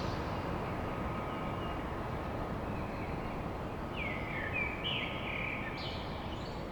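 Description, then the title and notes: Common blackbird: a single short fluty phrase rising into squeaky high notes near the end, over constant low noise and hum. Song of a blackbird recorded at dawn in Paris. "Blackbird Poetry At Paris On. Enregistrement d'un chant de merle à l'aube dans Paris"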